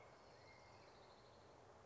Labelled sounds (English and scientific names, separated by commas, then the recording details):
Orange-crowned Warbler (Leiothlypis celata)
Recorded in Sonoma County, California